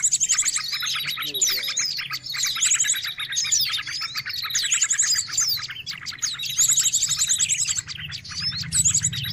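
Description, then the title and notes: Noisy bird chorus of fast chirps, whistles and high buzzy trills running almost without break, over a low droning hum. Noisy bird chatter, intended as a lure for catching birds. "Master Burung Ribut. Burung Ribut Pikat"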